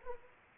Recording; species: mosquito wingbeat signal from an infrared sensor; Anopheles arabiensis